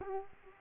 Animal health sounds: mosquito wingbeat signal from an infrared sensor; Culex quinquefasciatus

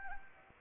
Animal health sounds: mosquito wingbeat signal from an infrared sensor; Anopheles arabiensis

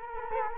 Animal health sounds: mosquito wingbeat signal from an infrared sensor; Culex quinquefasciatus

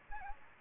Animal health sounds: mosquito wingbeat signal from an infrared sensor; Aedes aegypti

